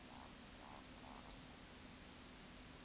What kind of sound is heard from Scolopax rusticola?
whistle, croak